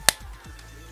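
A plastic side panel is pressed into the body of an IDW Optimus Prime Voyager Class Transformer figure by its tab. A single loud, sharp snap at 0.1 s is followed by quiet handling. The panel is seated, tabbed up cleanly in place.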